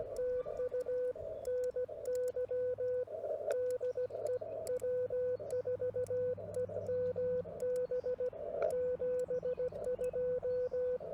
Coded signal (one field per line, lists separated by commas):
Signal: Morse code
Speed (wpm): 16 wpm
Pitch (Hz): 500 Hz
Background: radio noise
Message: TU NY DE W4EMB 72